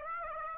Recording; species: mosquito wingbeat signal from an infrared sensor; Aedes aegypti